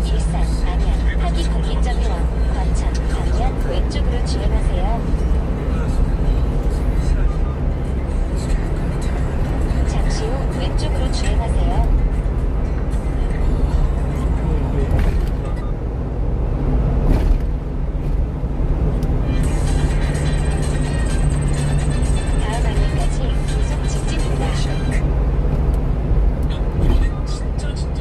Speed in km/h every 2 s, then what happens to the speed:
70, 76, 82, 83, 82, 83, 83, 85, 87, 89, 88, 86, 85, 84.
0-5 speeds up to 83. 5-18 steady at about 83.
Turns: none.